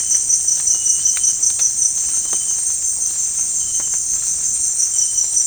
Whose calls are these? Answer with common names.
none